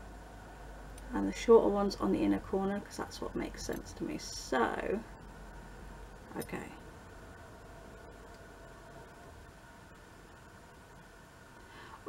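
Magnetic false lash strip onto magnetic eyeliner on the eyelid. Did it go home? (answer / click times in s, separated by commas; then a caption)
no / none. A magnetic false lash segment from a BELLECHLOE set is being placed onto magnetic eyeliner along the lash line on the eyelid, with the shorter pieces going on the inner corner. Someone talks over soft handling sounds for about the first 5 seconds, with a brief burst near 6.5 seconds, then near silence until the end. The lash is handled but not yet home, and nothing has snapped or seated yet.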